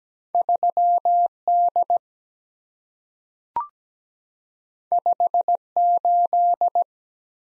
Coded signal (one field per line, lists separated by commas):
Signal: Morse code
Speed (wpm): 17 wpm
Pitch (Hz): 700 Hz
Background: none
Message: 3 D 5 8